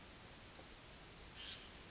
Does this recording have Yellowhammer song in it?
no